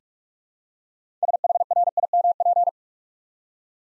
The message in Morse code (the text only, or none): SHRIMP